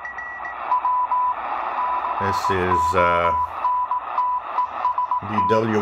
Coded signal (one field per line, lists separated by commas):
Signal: Morse code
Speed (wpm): 18 wpm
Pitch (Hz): 990 Hz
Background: speech, radio noise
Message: W CONTEST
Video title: Degen DE1103 Tuning 3000 - 4000 kHz Shortwave Utility broadcast and 80 meter band signals SSB AM